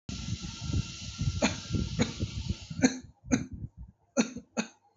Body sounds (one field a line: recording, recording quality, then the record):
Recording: shallow voluntary cough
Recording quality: moderate, slight background noise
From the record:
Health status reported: healthy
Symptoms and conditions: none ticked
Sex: male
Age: 27 years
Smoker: not ticked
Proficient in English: yes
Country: India